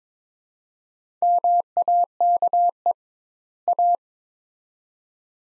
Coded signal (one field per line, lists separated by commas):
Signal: Morse code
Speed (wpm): 21 wpm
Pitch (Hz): 700 Hz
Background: none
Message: MAKE A